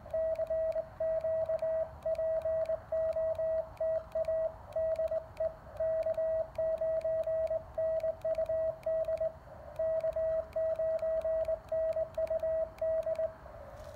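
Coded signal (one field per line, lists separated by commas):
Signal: Morse code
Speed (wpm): 20 wpm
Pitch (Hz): 640 Hz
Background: radio noise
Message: CQ POTA DE K9NUD K9NUD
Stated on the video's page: Park activation worked with a cootie key: Elecraft KX1 and KXPD1 paddles in cootie mode, a home-brew end-fed half-wave antenna, and a DSP filter.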